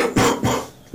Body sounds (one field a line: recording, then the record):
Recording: coughing mixed with background sound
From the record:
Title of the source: Spring Cold Coughing 3